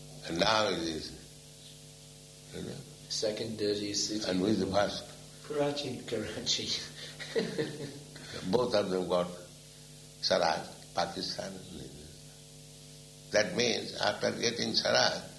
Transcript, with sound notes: And now it is...?
Second dirtiest city.
And who is the first?
Karachi.
Karachi. [laughs]
Both of them got svarāja, Pakistan and India. That means after getting svarāja...